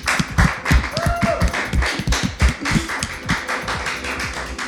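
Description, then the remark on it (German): A small group of studio guests applauds the kitchen's cooking for several seconds, a dense patter of overlapping claps at a steady, lively level with no talking over it. “Applaus, Applaus. Ja, Applaus.”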